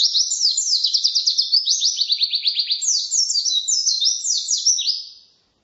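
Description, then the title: White-eye song, a fast, sustained chatter of high, downward-slurred notes repeated in quick succession for about five seconds, then trailing away. Wild forest-type white-eye (pleci ngalas); song intended as fill-in material for masteran, tutoring caged songbirds. "mster Mnuk. Pleci ngalas isian untuk masteran"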